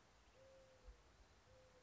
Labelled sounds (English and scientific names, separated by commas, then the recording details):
Mourning Dove (Zenaida macroura)
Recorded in Sonoma County, California